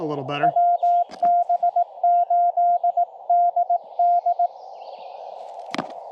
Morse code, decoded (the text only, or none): WB8DD